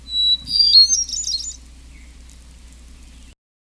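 Hermit thrush song phrase: a clear opening whistle followed by a brief cluster of higher fluty notes, lasting about a second and a half, then low steady background noise.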